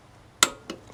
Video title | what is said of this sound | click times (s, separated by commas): RCV Axles and ARB Diff Covers | And so you push till it clicks. | 0.4 s